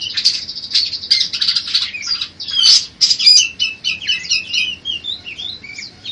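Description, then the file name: Budgerigar warbling song: high, chattering run of squeaky notes, buzzy trills and quick rising and falling twitters, with no pauses. Song containing mimicked calls of cililin, serindit (blue-crowned hanging parrot) and gereja tarung. "parkit isian cj lb cililin serindit gereja tarung"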